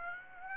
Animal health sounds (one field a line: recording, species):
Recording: mosquito wingbeat signal from an infrared sensor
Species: Aedes aegypti